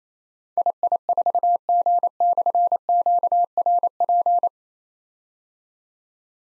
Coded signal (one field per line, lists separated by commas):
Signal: Morse code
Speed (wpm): 27 wpm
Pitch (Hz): 700 Hz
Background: none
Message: II4G/QRP